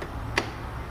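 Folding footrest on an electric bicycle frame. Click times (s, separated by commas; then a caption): 0.4 s. The folding footrest on a U-Winfly DF8 electric bicycle is flipped into position and snaps in with a single crisp, crunchy click at 0.4 s over a low background hum. The footrest seats firmly in place.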